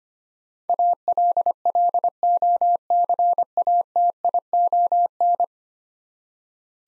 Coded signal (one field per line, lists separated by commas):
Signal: Morse code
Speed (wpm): 25 wpm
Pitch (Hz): 700 Hz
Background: none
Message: ALLOCATION